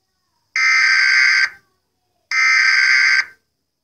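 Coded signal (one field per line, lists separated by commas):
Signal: Emergency Alert System (SAME) tones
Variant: header bursts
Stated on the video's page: Fictional EAS alert made by someone else.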